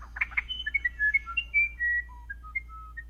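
Musician wren singing: a few rough opening notes, then a string of pure whistled tones at shifting pitches, some held longer.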